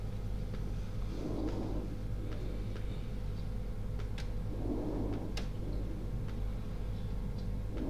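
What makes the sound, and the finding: Chest by stethoscope. Normal vesicular breath sounds.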